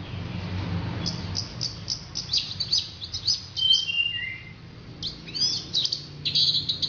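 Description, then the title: Orange-headed thrush song: quick bursts of high scratchy notes and a few descending whistles, in short phrases separated by brief pauses. "Anis Merah"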